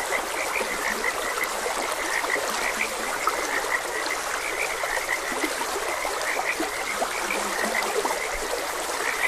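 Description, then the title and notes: Frog chorus of fast, repeated croaking pulses that never stop, accompanied by steady stream water noise. Frogs croaking beside a gentle stream. "Gentle Stream and Frogs Croaking. Sleep and Relaxation Podcast"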